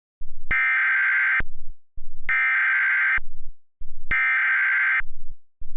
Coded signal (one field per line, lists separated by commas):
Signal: Emergency Alert System (SAME) tones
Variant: header bursts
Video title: EAS Recreation: LOCAL AREA EMERGENCY IN Louisiana